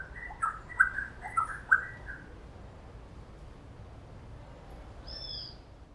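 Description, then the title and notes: Wren gives a brief burst of whistled, sliding notes for about two seconds, followed by quiet and a faint high note near the end. "Cucarachero by Kellyn Parra Garcia"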